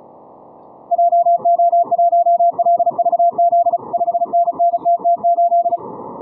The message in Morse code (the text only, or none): JO1LVZ 5NNTT8